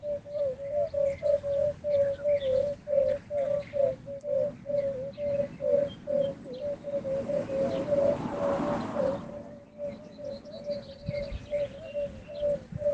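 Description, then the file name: Yellow-bellied toad calls: short, even hooting notes repeated quickly in a steady run, with faint chirps above and a brief rushing noise partway through. "canto ululone"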